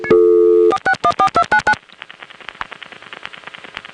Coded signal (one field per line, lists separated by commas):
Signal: DTMF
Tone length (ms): 80 ms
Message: 4614299